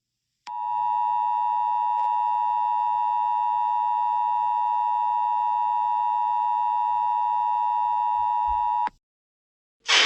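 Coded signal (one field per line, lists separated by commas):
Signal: Emergency Alert System (SAME) tones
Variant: 853 and 960 Hz attention tone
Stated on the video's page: Fictional alert scenario.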